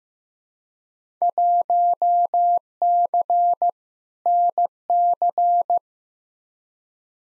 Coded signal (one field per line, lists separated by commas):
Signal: Morse code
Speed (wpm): 15 wpm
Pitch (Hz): 700 Hz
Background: none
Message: 1C NC